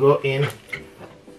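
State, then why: Seated. A yellow ink cartridge is pushed into its slot in the carriage of an HP OfficeJet Pro 7720 all-in-one wireless inkjet printer while someone talks. A short, sharp click at 0.7 s marks the cartridge latching home, seated in place.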